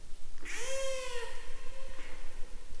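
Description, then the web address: Killer whale call: one drawn-out tonal squeal with rich harmonics, briefly rising then slowly falling over about two seconds, amid crackling underwater noise. Northern resident killer whales, recorded March 2014. "ORCA SAMPLES 201403 NKW"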